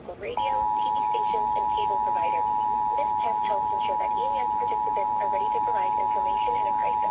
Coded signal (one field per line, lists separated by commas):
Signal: Emergency Alert System (SAME) tones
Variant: 853 and 960 Hz attention tone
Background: speech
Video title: EAS- Finally, A Proper Monthly! (6/25/25)